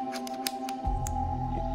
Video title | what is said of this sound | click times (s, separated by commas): REEKON M1 review #woodworking #woodshop #diy | it clicks into place so when you want to release the wheel you click it again and then bring it down softly | 0.5 s